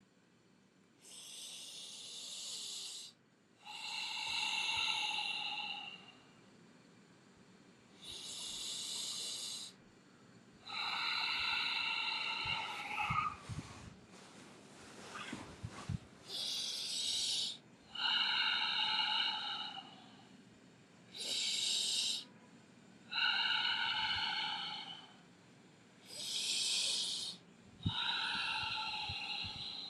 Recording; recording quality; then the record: deep breathing; excellent, no background noise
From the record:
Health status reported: healthy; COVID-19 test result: not tested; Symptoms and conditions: none ticked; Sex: male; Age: 46 years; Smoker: not ticked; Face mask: not worn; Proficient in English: yes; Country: India